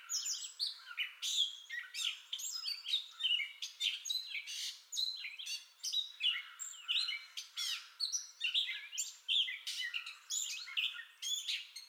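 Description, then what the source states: Gray catbird singing a long, unbroken jumble of varied squeaky, scratchy and whistled phrases, each quickly followed by the next. Entire song bout, 30 May 2021.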